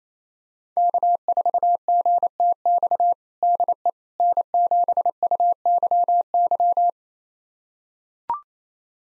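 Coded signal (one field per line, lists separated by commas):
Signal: Morse code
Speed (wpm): 27 wpm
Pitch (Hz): 700 Hz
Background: none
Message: K4GTX DE N7UYY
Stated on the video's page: Morse call sign pair copying drill at 28 wpm, each pair sent, then spoken, then sent again.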